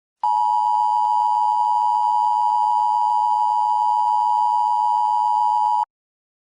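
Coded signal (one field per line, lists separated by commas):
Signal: Emergency Alert System (SAME) tones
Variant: 853 and 960 Hz attention tone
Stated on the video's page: Fictional EAS alarm.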